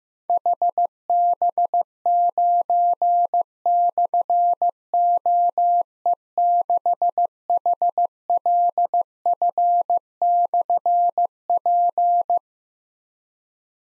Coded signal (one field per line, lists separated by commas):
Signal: Morse code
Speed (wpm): 15 wpm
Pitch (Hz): 700 Hz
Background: none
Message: HB9/OE6HLF/P